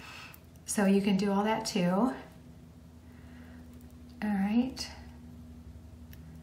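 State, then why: Seated. A metal clasp on a crystal snowflake necklace is closed onto its chain or extender while someone talks. A single short, sharp click at 6.1 s shows the clasp has shut and the necklace is fastened.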